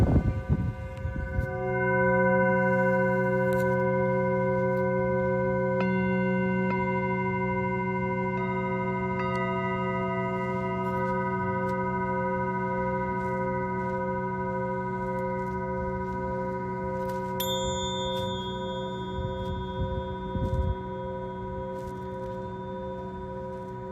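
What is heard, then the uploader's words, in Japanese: Singing bowls for sound healing ring out in long, steady tones that hum low and shimmer higher up. A soft strike near the start sets them going, with fresh bright tones joining around six, eight and seventeen seconds. Occasional faint knocks and rustles sound underneath. メキシコから シンギングボウルのサウンドヒーリング ライブ。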